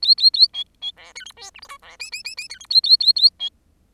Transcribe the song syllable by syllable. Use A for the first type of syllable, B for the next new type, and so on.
A A A B B C D E F G H I C J J J J D E A A A A B